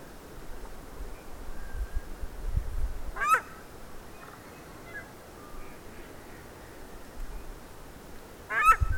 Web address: paradise shelduck. صدای-پرنده-تنجه-بهشتی